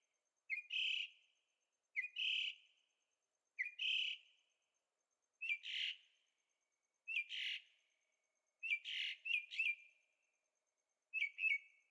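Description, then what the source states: Bird song: repeated two-part phrases, a sharp note followed by a buzzier one, given about every one and a half seconds. Singing at night in Carefree, Arizona; recorded in stereo on a Zoom H6.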